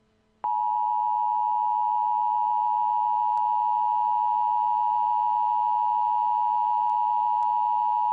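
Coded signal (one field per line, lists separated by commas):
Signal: Emergency Alert System (SAME) tones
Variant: 853 and 960 Hz attention tone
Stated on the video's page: Fictional EAS scenario; the tones are not from a real alert.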